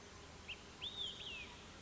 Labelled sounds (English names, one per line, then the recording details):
Olive-sided Flycatcher
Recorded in Sonoma County, California